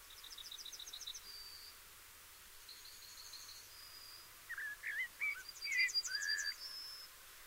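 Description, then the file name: Common blackbird uttering loud slurred whistles in the second half, with bursts of rapid high trilled notes and thin drawn-out notes throughout. "Turdus merula"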